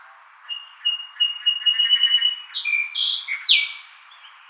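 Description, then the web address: Song sparrow song: a string of evenly repeated high notes leading into varied, louder phrases with buzzy trills and sharp clear notes, all in one brisk burst. Recorded on 29 May 2009. "Song Sparrow 2009 05 29"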